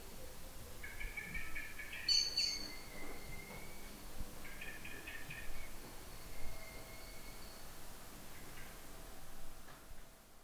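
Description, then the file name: Eurasian blackbird calls: short harsh chattering bursts repeated a few times, with a thin high note near the start, over steady low background noise. "Turdus merula"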